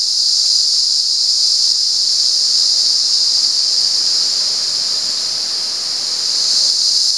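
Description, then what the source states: Cicada singing in one continuous shrill buzz that stays level and unbroken throughout, dipping slightly in loudness late on before returning to full strength. Recorded at San Ramon.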